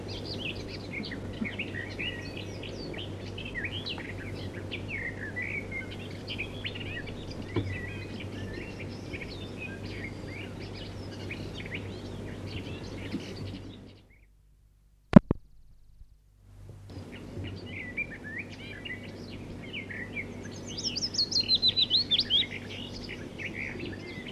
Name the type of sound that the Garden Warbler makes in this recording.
song